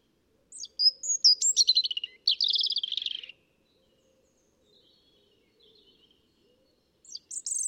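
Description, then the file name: European robin song: an intricate phrase of whistles and quick jingling trills, then a pause, then the start of another high phrase. "Erithacus rubecula"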